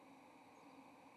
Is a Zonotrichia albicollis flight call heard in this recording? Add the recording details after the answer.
no. Another species' flight call is heard. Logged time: 08:52 on 30 October 2014